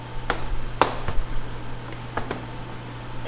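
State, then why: Seated. The front edge of a plastic body panel on a Polaris ATV is pushed into its frame mounting clips, giving two sharp clicks at 0.3 s and 0.8 s. Several fainter knocks follow over a steady low hum. Both clips snap in and the panel's front edge is seated.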